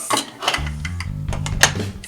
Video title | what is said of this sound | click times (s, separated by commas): LEGO DUPLO TRUCK & TRACKED EXCAVATOR CONSTRUCTION PLAYSET, WORK AT LEGO DUPLO BIG CONSTRUCTION SITE | heard the click yeah I did then do the same thing here but on this one so | 1.6 s